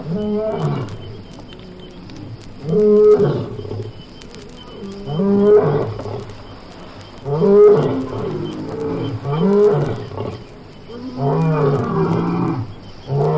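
Animal calls: low, harmonic moaning cries that bend up and down, coming in uneven bursts about every two seconds, with a steady background hum.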